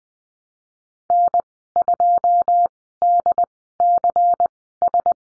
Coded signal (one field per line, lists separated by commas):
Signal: Morse code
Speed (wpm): 20 wpm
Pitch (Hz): 700 Hz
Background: none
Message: N2DCS